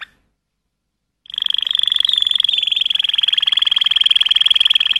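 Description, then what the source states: Waterslager canary song: after a short silence, a long, even, rapidly pulsing roll on a steady high pitch runs on for almost four seconds without a break. Waterslager (Malinois) canary singing.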